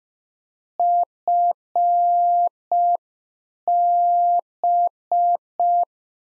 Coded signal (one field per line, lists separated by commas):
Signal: Morse code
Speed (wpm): 5 wpm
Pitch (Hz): 700 Hz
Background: none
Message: FB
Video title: Practice QSO - Exchange 2- Info - 5wpm